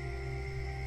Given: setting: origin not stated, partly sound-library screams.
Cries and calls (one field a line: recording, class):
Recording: one-second piece from a danger detection set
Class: normal situation